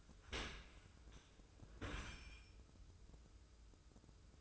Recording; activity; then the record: daily activity, microphone in the room; open dishwasher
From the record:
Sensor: 2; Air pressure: 995.6 hPa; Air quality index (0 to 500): 96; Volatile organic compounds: 5 ppm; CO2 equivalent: 1765 ppm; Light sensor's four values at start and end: 25/80/32/30 and 25/80/32/30